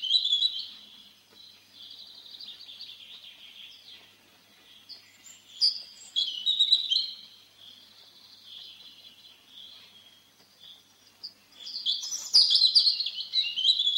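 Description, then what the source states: European Robin song in several high, thin warbling phrases separated by quieter pauses, with rapid twittering trills and a louder burst near the end. Sings perched atop a small spruce, sun on its rusty-red breast; song continues long into the evening as the forest quickly falls silent.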